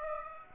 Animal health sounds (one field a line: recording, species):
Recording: mosquito wingbeat signal from an infrared sensor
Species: Aedes aegypti